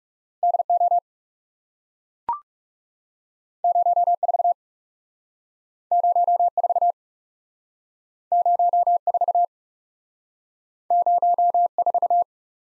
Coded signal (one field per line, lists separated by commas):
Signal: Morse code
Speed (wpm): 42 wpm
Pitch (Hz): 700 Hz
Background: none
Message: D O 0 4 0 4 0 4 0 4